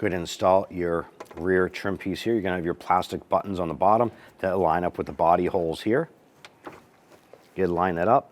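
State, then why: Not seated. Someone talks while lining up the plastic buttons on the bottom of the rear trunk trim piece with the body holes on a 2012-2017 Toyota Camry during a brake light bulb replacement, with a few small taps around 6.5 to 7.3 seconds as the panel is positioned. Nothing has seated or clicked yet.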